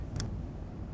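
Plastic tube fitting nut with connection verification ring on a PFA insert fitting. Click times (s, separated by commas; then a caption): 0.2 s. A plastic tube fitting nut on a PFA insert fitting is tightened clockwise with a dedicated wrench on a bench top tool until its connection verification ring gives a short, bright click at 0.2 s over a low background rumble. The ring clicks home, showing the fitting is fully assembled and seated.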